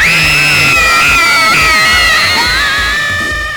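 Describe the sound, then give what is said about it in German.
A group of third-grade schoolchildren yells a long, high-pitched battle cry together, voices overlapping in one loud, sustained roar with a few rising whoops, ending before any words can be made out. “Auf sie mit Gebrüll.”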